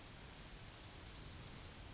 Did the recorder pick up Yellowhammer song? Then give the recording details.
yes. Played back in grassland. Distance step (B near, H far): E. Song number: 031